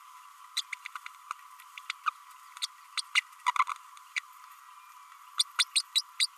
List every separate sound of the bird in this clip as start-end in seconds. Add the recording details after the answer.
0.56-0.61, 0.72-0.75, 1.30-1.32, 2.06-2.10, 2.62-2.66, 2.97-3.02, 3.15-3.20, 3.46-3.51, 3.58-3.63, 4.16-4.19, 5.39-5.43, 5.58-5.64, 5.75-5.82, 5.95-6.02, 6.20-6.27. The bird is a female. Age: 32 days. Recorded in a nest box in Venezuela. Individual 17B32A7